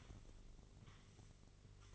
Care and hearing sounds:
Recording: daily activity, microphone in the room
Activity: sweep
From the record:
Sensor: 4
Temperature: 27.9 degrees Celsius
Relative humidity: 34.3%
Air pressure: 1002.4 hPa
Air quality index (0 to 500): 216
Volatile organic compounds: 12 ppm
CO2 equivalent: 2330 ppm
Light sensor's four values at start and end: 19/68/25/25 and 19/68/25/25

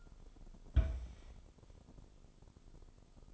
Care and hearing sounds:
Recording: daily activity, microphone in the room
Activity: place on stove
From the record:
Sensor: 5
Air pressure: 988.4 hPa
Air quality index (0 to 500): 204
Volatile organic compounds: 82 ppm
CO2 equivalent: 3619 ppm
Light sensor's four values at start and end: 48/140/55/60 and 47/139/55/59

